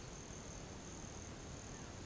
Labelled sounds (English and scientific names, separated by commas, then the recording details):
none
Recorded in pastures near Puerto Asís, Putumayo, Colombia, on 13 March 2025 at 12:00
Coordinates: 0.486, -76.323
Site G075